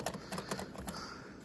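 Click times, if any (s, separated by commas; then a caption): none. A plastic elevator part is handled near its housing, a shaft and gear assembly, after the elevator has been lowered a little. Light clicking and rattling handling noises are heard, with the sharpest tick at 0.1 s and several softer ones through 0.9 s. Nothing has seated or clicked into place yet.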